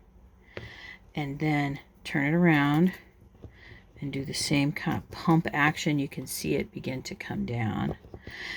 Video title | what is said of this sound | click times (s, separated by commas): Batch of Eyes: The First Line Work and Whites of Eyes | And then you just take the new tip and it's going to kind of lock into place. | 0.6 s